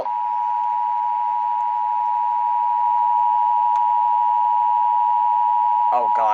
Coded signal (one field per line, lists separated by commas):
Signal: Emergency Alert System (SAME) tones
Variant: 853 and 960 Hz attention tone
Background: speech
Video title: EAS 517 STERLING SMW